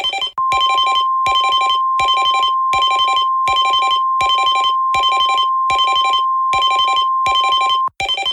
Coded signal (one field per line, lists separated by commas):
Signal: Emergency Alert System (SAME) tones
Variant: 1050 Hz attention tone